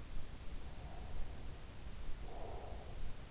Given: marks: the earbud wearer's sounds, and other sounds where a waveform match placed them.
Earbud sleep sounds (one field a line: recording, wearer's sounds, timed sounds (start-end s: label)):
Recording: sounds in sleep by an in-ear microphone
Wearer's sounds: breath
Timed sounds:
0.59-3.29 s: breath